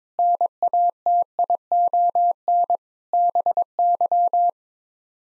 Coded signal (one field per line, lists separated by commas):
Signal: Morse code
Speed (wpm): 22 wpm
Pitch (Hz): 700 Hz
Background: none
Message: NATION BY